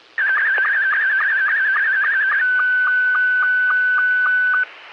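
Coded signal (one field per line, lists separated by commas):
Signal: SSTV (slow-scan television)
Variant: Scottie 2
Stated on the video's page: SSTV net on the 145.390 Lansing and 146.700 repeaters, heard via live stream.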